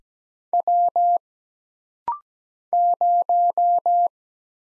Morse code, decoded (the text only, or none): W 0